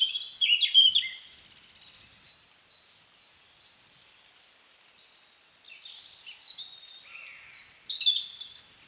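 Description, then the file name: European robin singing high warbled phrases, a sweet jumbled burst at the start, a pause of soft twitters, then a longer sparkling phrase. "Erithacus rubecula"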